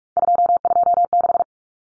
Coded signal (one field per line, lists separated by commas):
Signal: Morse code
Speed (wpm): 44 wpm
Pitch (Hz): 700 Hz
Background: none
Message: 226